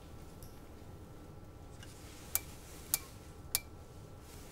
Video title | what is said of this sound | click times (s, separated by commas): Breguet: Assembly of a tourbillon | when you heard the clicking that was the indication that the exact amount of torque | 2.3 s, 2.9 s, 3.6 s